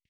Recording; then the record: hydrophone in a shrimp aquaculture tank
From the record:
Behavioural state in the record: normal